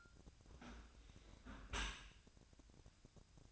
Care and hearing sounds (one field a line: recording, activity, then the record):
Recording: daily activity, microphone in the room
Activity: close dishwasher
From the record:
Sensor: 2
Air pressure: 1003.0 hPa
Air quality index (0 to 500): 199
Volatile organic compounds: 6 ppm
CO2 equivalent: 1885 ppm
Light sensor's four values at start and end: 24/59/26/28 and 24/59/26/28